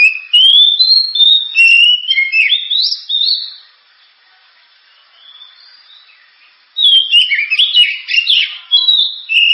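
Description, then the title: Oriental magpie-robin song of varied whistled and chattering phrases, loud at first, then a quiet stretch, then a fresh burst of rapid notes. Kacer singing prolifically with a sharp, super-loud voice, offered as a pancingan recording to prompt other birds to sing. "Kacer Gacor Suara Tajam. Kacer Gacor Suara Super Kenceng Cocok untuk Pancingan"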